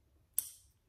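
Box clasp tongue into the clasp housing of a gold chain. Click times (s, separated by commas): 0.4 s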